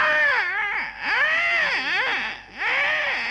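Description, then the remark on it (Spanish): A voice imitates newborn babies crying in baskets in a clinic nursery behind glass: three loud, high-pitched wavering wails in quick succession, each rising then dipping, with only brief breaths between them. “Y estaban todos los niños llorando.”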